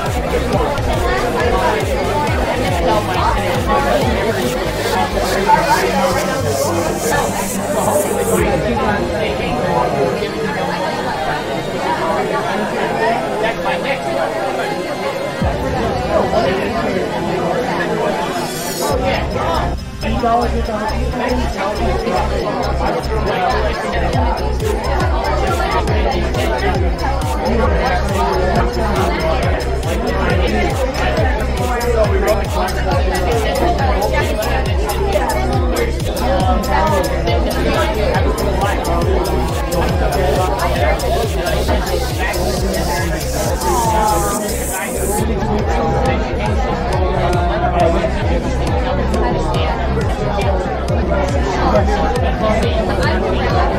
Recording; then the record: background sound without coughing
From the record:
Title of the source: Nightlife Party Simulating Party Club Noise 1 Hour